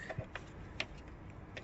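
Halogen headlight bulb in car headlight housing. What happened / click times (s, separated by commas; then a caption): The twist-lock bulb holder clicks free / 0.8 s. An H4 halogen headlight bulb holder in the headlight housing of a Nissan Micra K12 is twisted to the right to unlock it. Faint ticks and handling noises are heard, with the sharpest click at 0.8 s as the holder clicks free and is released. The bulb is being removed because it is in poor condition, to be swapped for an LED.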